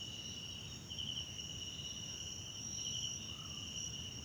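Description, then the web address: Steady shrill cricket trilling with slightly louder pulsing stretches, set against a soft rumbling night background. South African crickets, background ambience recorded at night in a wetland park at Kosi Forest Lodge, South Africa. "sonniss 2018 individual Tonschliff - SOUTH AFRICAN CRICKETS BG South Africa Wetland Park Kosi Forest Lodge Night"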